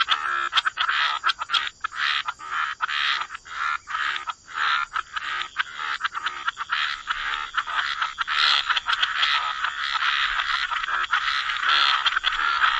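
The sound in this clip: Frog chorus opening in quick separate bursts of croaks, then merging into a continuous overlapping wall of calls.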